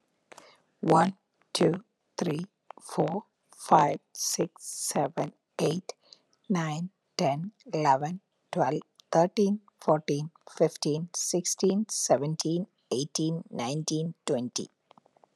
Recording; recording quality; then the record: counting at a normal pace; excellent, no background noise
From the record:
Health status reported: healthy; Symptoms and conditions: hypertension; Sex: female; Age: 55 years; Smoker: not ticked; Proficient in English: yes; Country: United States